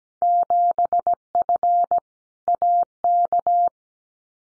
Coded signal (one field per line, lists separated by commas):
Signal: Morse code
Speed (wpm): 17 wpm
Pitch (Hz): 700 Hz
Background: none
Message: 7F AK